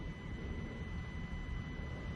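A Kingbolen K8 Pro scan tool is commanding the rear differential locker in the rear axle of a 2025 Jeep Wrangler Rubicon to engage. Only a steady low rumble with faint constant high tones is heard, with no sudden sounds. Nothing has seated or clicked yet.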